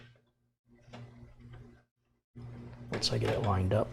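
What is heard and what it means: An 8-pin CPU power plug, made of two four-pin connectors, is held and aligned over the motherboard header in the top corner, with its clip facing the outer edge of the board, before being pushed home. Faint handling rustles sit over a steady low hum, with a small tap near 1.5 s, and someone talks from about 2.4 s to the end. Nothing has seated or clicked yet; the connector is only being lined up.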